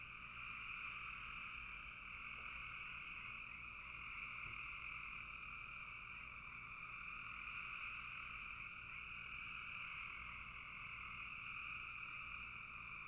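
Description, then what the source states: Frogs calling en masse, a continuous shrill drone of overlapping trills that rises and falls gently in loudness. Frogs calling in a bog.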